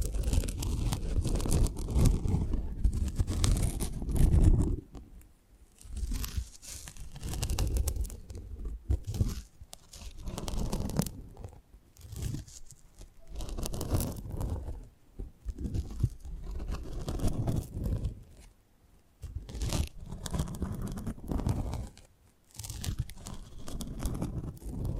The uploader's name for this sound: Close Up Mic Treatment